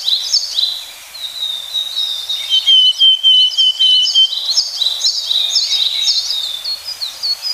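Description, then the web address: Willow tit calls: rapid, repeated high chirps in a dense stream, with one sustained pure whistle in the middle, then more quick chirping. "sikioto. kogara"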